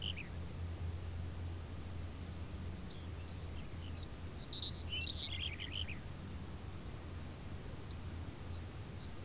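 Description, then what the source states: Birds chirping in short high notes scattered throughout, with a brief busier burst of twittering midway, over a steady low rumble. Birds in a field background.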